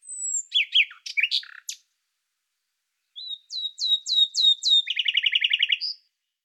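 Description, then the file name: Common nightingale singing a high descending whistle and harsh scratchy notes, then after a pause a string of whistled notes ending in a fast, even, rattling trill. "Nachtigall Luscinia megarhynchos"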